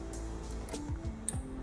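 An auxiliary Raptor-style light on a 4Runner is connected and pushed into the plastic front grille over a soft music background. One sharp click sounds at 1.3 s as the light seats in the grille.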